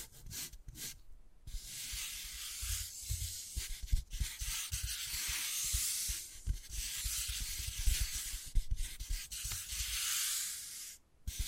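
Wood carving, with long rasping scrapes that run in strokes of a few seconds each, broken by short pauses around the one-, four- and eleven-second marks. Soft, low taps and knocks sound unevenly beneath the scratching throughout.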